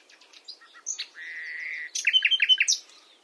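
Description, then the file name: Common nightingale song: a sustained whistled note followed by a quick series of sharp, sliding chirps. "Luscinia megarhynchos"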